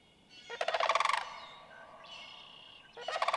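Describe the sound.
Sandhill crane gives one loud rattling, purring bugle, followed by a higher drawn-out note and the start of another rolling call.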